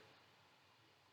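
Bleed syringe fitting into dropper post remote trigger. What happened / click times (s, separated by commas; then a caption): Handled, not yet seated: no click from the small fitting / none. A bleed syringe fitting is handled at the bleed port of the handlebar trigger on a RockShox Reverb Stealth mountain bike dropper seatpost. Only a steady, even broadband hiss is heard, with no sharp sounds. Nothing has seated or clicked yet.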